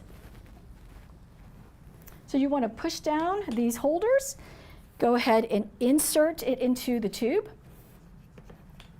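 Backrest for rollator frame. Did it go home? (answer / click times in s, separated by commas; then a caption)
no / none. A backrest for a Nova Medical New Star Petite rollator frame is picked up and its holders are pushed down to prepare it for insertion into the frame tubes. Someone talks over faint handling noise and a few small taps. Nothing has seated or clicked yet.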